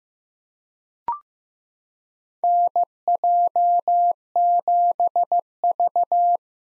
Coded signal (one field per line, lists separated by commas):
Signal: Morse code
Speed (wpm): 15 wpm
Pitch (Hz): 700 Hz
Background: none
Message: NJ7V